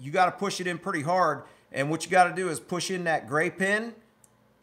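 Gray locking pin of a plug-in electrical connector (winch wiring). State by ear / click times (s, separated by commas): not seated / none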